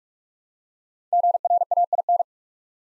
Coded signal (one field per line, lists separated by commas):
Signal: Morse code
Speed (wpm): 44 wpm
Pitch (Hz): 700 Hz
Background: none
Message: GRAIN